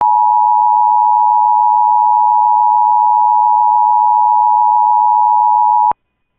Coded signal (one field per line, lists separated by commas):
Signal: Emergency Alert System (SAME) tones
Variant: 853 and 960 Hz attention tone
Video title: CAE | EAS #55